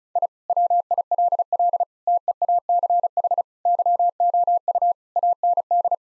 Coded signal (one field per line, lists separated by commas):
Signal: Morse code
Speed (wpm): 36 wpm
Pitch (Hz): 700 Hz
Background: none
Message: I WILL TEACH YOU AND